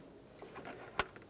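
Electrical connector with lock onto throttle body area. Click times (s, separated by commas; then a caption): 1.0 s. On a 2015–2020 Ford F-150 3.5L V6, during an intake VVT solenoid replacement, an electrical connector fitted with a new locking tab (the original was missing), already set to the locked position with a small pocket screwdriver, is pressed into place in the throttle body area. After faint handling rustles, a single sharp click sounds at 1.0 s, followed by a soft tick. The connector is seated and locked.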